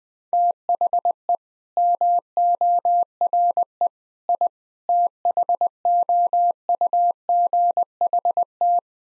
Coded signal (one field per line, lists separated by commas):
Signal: Morse code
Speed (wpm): 21 wpm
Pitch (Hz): 700 Hz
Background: none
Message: THE MORE I THOUGHT